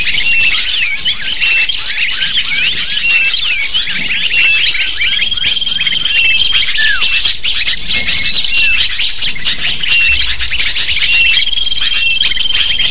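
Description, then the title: Lovebird chorus of piercing chirps and twitters, steady and unbroken, with thin whistled tones appearing now and then. Lure call to attract lovebirds. "PIKAT BURUNG LOVEBIRD"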